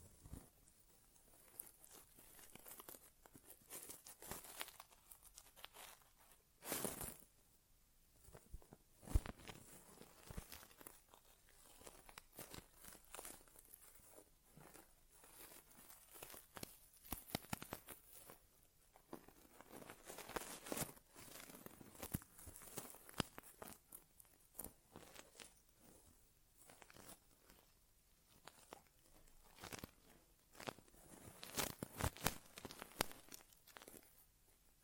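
An ASMR inner ear exam with no talking: continuous crinkling, rubbing and scratchy crackles that rise and fall in uneven bursts. Louder, brighter rustles stand out around 7, 21 and 32 seconds, and no voice is heard.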